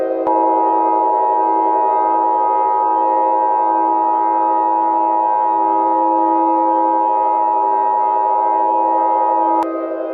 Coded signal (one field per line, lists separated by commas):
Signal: Emergency Alert System (SAME) tones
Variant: 853 and 960 Hz attention tone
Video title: EAS Scenario 6: BOOM Nightmare